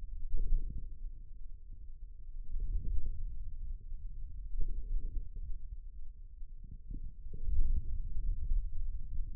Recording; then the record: forearm muscle sounds (acoustic myography)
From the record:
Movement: hand closing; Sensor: system 2, bracelet of six BSWA MPA416 microphones around the upper forearm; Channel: 4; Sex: male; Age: 22 years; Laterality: right